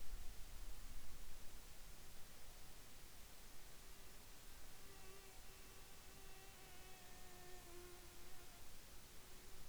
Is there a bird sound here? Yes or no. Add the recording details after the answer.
no. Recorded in the Arctic National Wildlife Refuge, Alaska, on 10 July 2019 at 18:18. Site 44